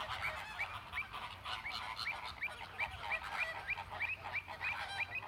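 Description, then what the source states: Flamingos giving quick nasal honks, about three a second, in a busy overlapping chorus from many birds. Captive flamingos recorded at the flamingo enclosure of Bristol Zoo.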